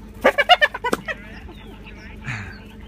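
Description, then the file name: Hyena laughing in a rapid, staccato run of about eight giggling notes that fade. Female hyena laughing loudly for her meal. "Roxy The Hyena Laughs Loudly for Her Meal"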